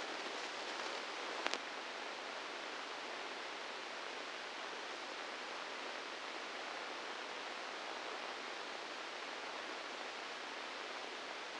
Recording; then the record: brain microelectrode recording played as sound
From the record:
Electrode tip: inside the subthalamic nucleus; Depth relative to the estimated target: 0 mm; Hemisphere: left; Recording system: NeuroSet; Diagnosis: Parkinson's disease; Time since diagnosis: 15 years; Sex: female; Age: 59 years